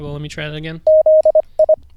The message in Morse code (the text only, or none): ZI